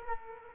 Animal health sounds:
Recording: mosquito wingbeat signal from an infrared sensor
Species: Culex quinquefasciatus

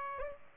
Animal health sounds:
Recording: mosquito wingbeat signal from an infrared sensor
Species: Aedes aegypti

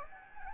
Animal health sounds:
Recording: mosquito wingbeat signal from an infrared sensor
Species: Anopheles gambiae

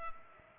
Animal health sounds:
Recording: mosquito wingbeat signal from an infrared sensor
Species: Culex pipiens

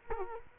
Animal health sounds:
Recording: mosquito wingbeat signal from an infrared sensor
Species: Culex quinquefasciatus

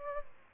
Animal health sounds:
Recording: mosquito wingbeat signal from an infrared sensor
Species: Aedes albopictus

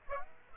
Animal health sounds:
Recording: mosquito wingbeat signal from an infrared sensor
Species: Aedes aegypti

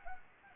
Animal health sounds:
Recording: mosquito wingbeat signal from an infrared sensor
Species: Anopheles arabiensis

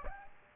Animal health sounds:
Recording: mosquito wingbeat signal from an infrared sensor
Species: Aedes aegypti

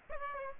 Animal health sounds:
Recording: mosquito wingbeat signal from an infrared sensor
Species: Aedes aegypti

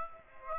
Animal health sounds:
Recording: mosquito wingbeat signal from an infrared sensor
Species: Aedes aegypti

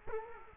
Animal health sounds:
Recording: mosquito wingbeat signal from an infrared sensor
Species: Culex quinquefasciatus

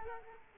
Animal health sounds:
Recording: mosquito wingbeat signal from an infrared sensor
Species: Culex quinquefasciatus

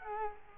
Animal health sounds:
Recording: mosquito wingbeat signal from an infrared sensor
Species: Culex quinquefasciatus

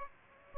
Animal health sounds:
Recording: mosquito wingbeat signal from an infrared sensor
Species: Aedes aegypti

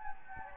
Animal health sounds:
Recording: mosquito wingbeat signal from an infrared sensor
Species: Anopheles gambiae

